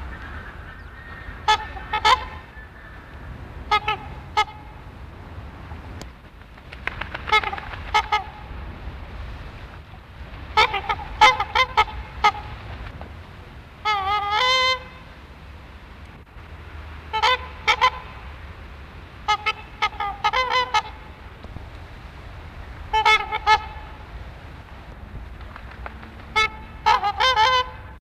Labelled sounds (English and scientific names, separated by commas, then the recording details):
Trumpeter Swan (Cygnus buccinator) call
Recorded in captivity
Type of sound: call
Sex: pair
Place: Tierpark Hellabrunn, Bayern, DE
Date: 1977-08-22
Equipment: Halbspur, 9,5 cm/s
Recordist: Lütgens, Hans
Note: Ein Paar